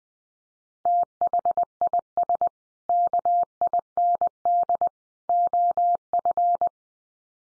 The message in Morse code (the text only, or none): THIS KIND OF